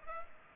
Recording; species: mosquito wingbeat signal from an infrared sensor; Culex pipiens